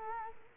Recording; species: mosquito wingbeat signal from an infrared sensor; Culex quinquefasciatus